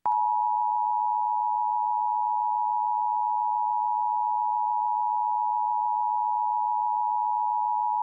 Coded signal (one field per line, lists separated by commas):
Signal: Emergency Alert System (SAME) tones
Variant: 853 and 960 Hz attention tone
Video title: Comcast Emergency Alert System - Tornado Warning (July 21, 2023)